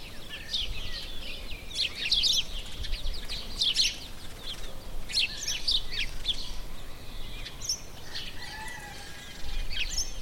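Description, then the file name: House sparrow chatter, a dense run of sharp chirps through the first half, then sparser notes, over a constant low rumble. "Passer domesticus"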